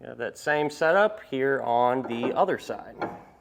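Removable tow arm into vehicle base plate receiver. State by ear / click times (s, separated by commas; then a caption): not seated / none. A removable steel tow arm for a Roadmaster crossbar-style base plate kit on a 2021 Jeep Gladiator is handled at the base plate opening on the other side of the vehicle, where it inserts and turns a quarter turn to lock in place. Someone talks throughout, with no distinct impact or click standing out. Nothing has seated or clicked yet.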